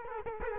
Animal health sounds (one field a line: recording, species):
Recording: mosquito wingbeat signal from an infrared sensor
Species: Culex quinquefasciatus